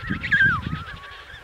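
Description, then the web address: Emperor penguin call: a harmonic note that wavers, slides downward, then carries on steadily, over low rumbling noise. Antarctica. "Antarctia Pinguins Keizerpinguins"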